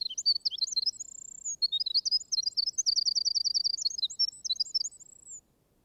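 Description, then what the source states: Winter Wren singing a fast, bubbling stream of high tinkling notes, broken by a held whistle, then a rapid even trill and more warbling before a final thin note. Library recording played in an audiobook; song very strong for so small a bird, brilliant and plaintive, like a tremulous vibrating tongue of silver, gushing and lyrical.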